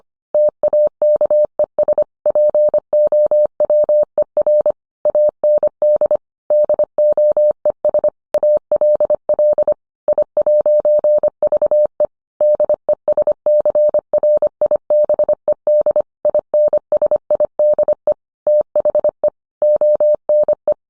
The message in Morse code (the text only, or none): TAKES POWER AND DOES ALL I'VE DESCRIBED INSIDE THE ONE